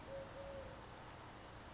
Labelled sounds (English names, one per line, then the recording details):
Eurasian Collared Dove
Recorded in Sonoma County, California